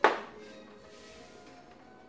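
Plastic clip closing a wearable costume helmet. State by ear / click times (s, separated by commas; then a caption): seated / 0.0 s. The plastic clips of a wearable Legacy Red Ranger roleplay helmet are pushed forward to close it, giving a single sharp thunk-like click at 0.04 s. A faint ringing tail fades over the next two seconds. The clip clicks shut and the helmet is closed.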